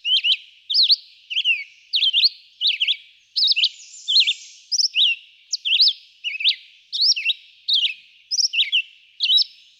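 Red-eyed vireo song of clipped, varied whistle phrases, sharp up-and-down slurs repeated at a brisk pace, steady throughout.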